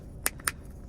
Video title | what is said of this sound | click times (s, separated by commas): Buick Enclave Encore Keyless Remote Battery Replacement | You hear it click and pop like that. | 0.3 s, 0.4 s, 0.5 s